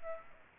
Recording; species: mosquito wingbeat signal from an infrared sensor; Aedes aegypti